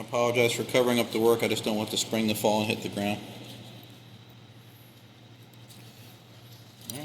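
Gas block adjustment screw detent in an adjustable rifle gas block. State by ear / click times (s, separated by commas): partly seated / 6.9 s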